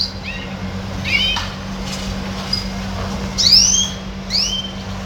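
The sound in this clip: Red siskin: several sharp upslurred and downslurred whistled notes, scattered and sparse, over a steady low hum.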